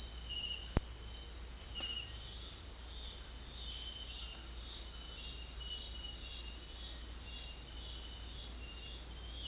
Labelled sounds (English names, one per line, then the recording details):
none
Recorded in secondary vegetation near Puerto Asís, Putumayo, Colombia, on 9 March 2025 at 18:00
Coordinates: 0.499, -76.323
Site G094